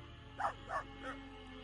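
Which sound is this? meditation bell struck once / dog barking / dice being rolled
dog barking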